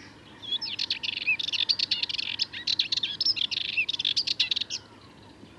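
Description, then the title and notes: Sardinian warbler song, a rapid, scratchy, chattering run of high notes, nervous and nearly continuous, ending in a brief pause with a soft click at the end. Recorded 22 March 2019 at Le Charnier, Camargue, at twilight; a long monologue of incredibly nervous, rapid song; Wildtronic parabola, MKH8020 microphone, MixPre 3 recorder. "Le Charnier - Camargue. une Fauvette mélanocéphale (Sylvia melanocephala)"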